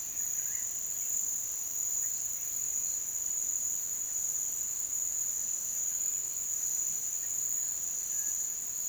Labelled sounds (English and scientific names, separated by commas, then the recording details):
none
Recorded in pastures near Puerto Asís, Putumayo, Colombia, on 29 June 2025 at 08:00
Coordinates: 0.486, -76.323
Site H29